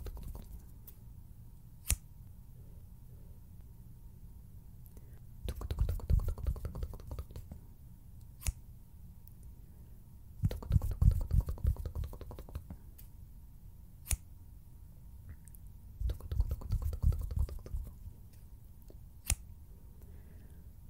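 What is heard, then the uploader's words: Fingers flutter in three soft, dense bursts of about two seconds each, mostly low and rumbling, near 6, 11 and 17 seconds. Between them, single sharp snips like scissors land roughly every six seconds over a quiet, faint steady hum. HAND SOUNDS, FINGER FLUTTERING, SCISSORS SOUNDS.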